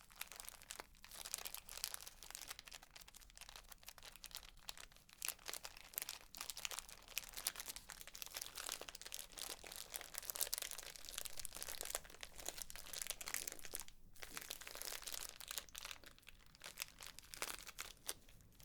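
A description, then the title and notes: Face brushing and crinkling fill the clip with dense, rapid rustling that runs almost without pause for the whole stretch. The bristly, papery texture is bright and scratchy, with quick bursts and a brief dip near fourteen seconds before the activity resumes. 10 Tingly Triggers For Sleep Face Brushing, Tapping, Crinkling etc.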